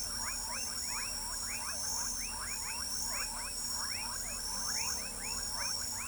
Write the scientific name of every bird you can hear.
none